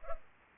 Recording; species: mosquito wingbeat signal from an infrared sensor; Culex pipiens